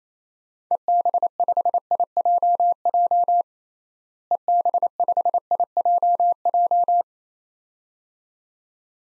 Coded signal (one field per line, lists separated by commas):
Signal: Morse code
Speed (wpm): 27 wpm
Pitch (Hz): 700 Hz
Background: none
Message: EB5IJJ EB5IJJ